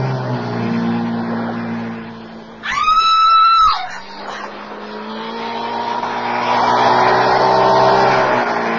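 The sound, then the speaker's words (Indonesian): A motorboat engine drones steadily as it speeds off carrying a boy taken away by people, broken briefly by a short, high, wavering wail midway, then the motor swells louder and keeps roaring to the end. “Lihat, Ma. Mario dibawa orang naik motor bot.”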